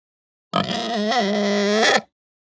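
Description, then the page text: Pig giving one drawn-out, nasal groaning squeal lasting about a second and a half, wavering slightly before rising at the end. Hampshire breed pig; a groan that ramps up into a squeal. "Hampshire Pig Groan Squeal Hung Ramp Up. Quick Sounds"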